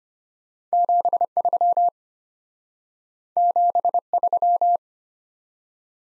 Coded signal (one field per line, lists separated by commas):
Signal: Morse code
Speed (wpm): 32 wpm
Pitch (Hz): 700 Hz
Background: none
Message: 73 73